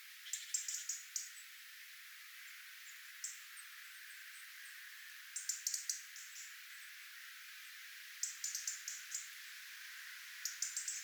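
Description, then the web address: Tits calling in short groups of thin, very high chirps, separated by quiet stretches of hiss. Tit flock, recorded 11 October 2024. "paivat 11 10 2024 punarintoja tiaisparvi"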